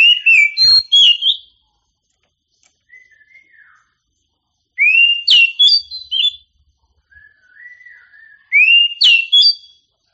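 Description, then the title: Oriental magpie-robin song of sweet rising whistles and complex chattering phrases, alternating with softer lower warbled notes between the louder bursts. Champion singing bird. "Kicau Burung Kacer Juara"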